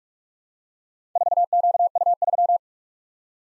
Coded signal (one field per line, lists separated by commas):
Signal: Morse code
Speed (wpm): 46 wpm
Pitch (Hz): 700 Hz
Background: none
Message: 4QU3